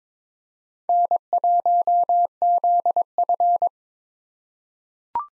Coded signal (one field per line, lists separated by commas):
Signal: Morse code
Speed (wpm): 22 wpm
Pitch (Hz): 700 Hz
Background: none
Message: N1ZF